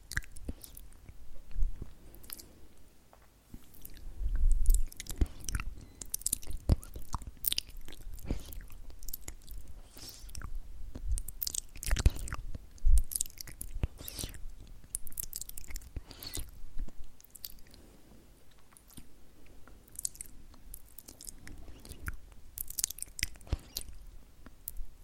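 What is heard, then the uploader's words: Wet tongue and mouth sounds click and flutter in quick bursts, with brief runs of rapid tktktk taps. The clicks come irregularly, denser around five and twelve seconds, with a soft low rumble underneath and short quiet gaps between clusters. TONGUE SOUNDS - fluttering, mouth sounds , tktktk rhythmic tongue sounds.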